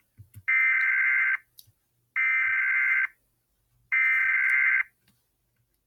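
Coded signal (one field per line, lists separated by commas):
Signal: Emergency Alert System (SAME) tones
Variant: header bursts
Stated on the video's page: Mock EAS alert for a fictional inundation; simulated, not radio-received.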